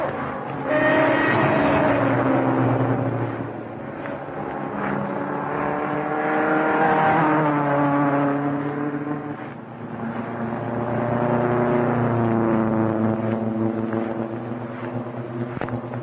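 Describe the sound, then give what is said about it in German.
Racing car engines roar continuously at the Nürburgring race track, their harmonic whine rising and falling in pitch in repeated sweeps as cars pass, loud and sustained throughout without any voices. “Nach dem organischen Rhythmus des Blutkreislaufs der mechanische Takt der Motoren des Nürburgrings.”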